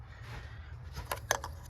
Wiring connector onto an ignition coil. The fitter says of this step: Kind of clicks right in there, and then we push that down.